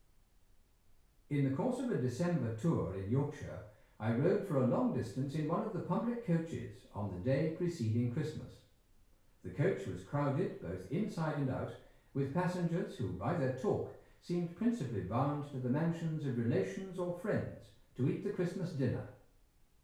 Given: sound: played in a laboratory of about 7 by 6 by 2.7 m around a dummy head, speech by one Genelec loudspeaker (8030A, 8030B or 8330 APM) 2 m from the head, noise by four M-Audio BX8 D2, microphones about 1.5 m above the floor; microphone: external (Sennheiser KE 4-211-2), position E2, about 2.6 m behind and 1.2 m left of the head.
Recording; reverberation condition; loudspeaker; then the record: male speech in English; medium; behind (180 degrees)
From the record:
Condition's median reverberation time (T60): about 510 ms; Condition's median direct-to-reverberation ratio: about -0.5 dB